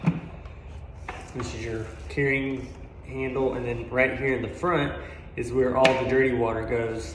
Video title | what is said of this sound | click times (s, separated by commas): Revealing my new carpet cleaning machine! | and then it just clicks right into the back of that. | 1.1 s